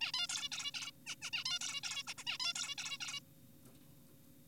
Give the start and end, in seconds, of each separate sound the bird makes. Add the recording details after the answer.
0.01-0.12, 0.14-0.27, 0.29-0.49, 0.52-0.72, 0.74-0.91, 1.06-1.16, 1.22-1.30, 1.33-1.44, 1.46-1.59, 1.61-1.80, 1.84-2.03, 2.07-2.14, 2.18-2.24, 2.27-2.38, 2.40-2.53, 2.56-2.75, 2.78-2.98, 3.00-3.20. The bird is an adult. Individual g4p5U